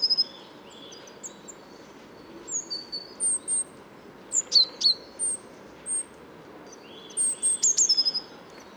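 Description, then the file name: Great tit calls: thin, high, short whistled notes and chips, scattered irregularly in small clusters over a steady background hiss. "Parus major"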